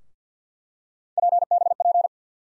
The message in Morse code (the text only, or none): PBP